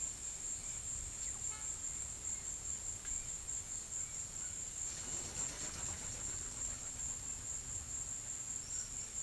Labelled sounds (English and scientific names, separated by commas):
none